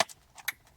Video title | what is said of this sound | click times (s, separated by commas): How to install a large screen radio in Toyota Rav4 with Carplay and Android Auto (Binize is easy!) | till it snaps just like everything else. | 0.0 s